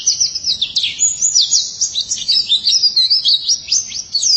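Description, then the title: White-eye song, a fast, unbroken stream of high thin chirps and short slurred whistles, bright and jittery throughout. "Kicauan Burung Pleci"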